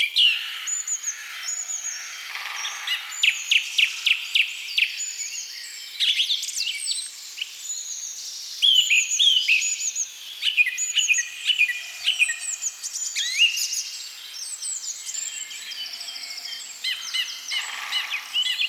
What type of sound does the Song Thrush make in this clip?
song